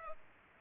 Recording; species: mosquito wingbeat signal from an infrared sensor; Culex pipiens